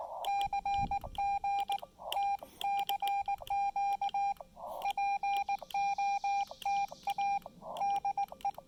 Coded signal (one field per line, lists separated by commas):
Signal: Morse code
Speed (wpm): 19 wpm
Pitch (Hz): 800 Hz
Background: none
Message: CG T CQ POTA DE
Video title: Enjoying a Casual Trailside QRP Park Activation with the Xiegu X5105 and PackTenna 9:1 UNUN